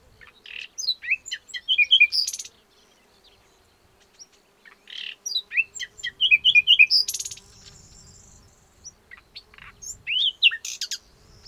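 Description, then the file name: Common nightingale delivering rapid series of staccato notes and whistles in three phrases, each ending in a sharp buzzy flourish, with a faint steady low hum. "Luscinia megarhynchos"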